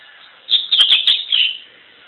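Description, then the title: Double-collared seedeater song: a quick burst of a few bright, high, chirpy notes lasting about one second. "Canto Coleiro"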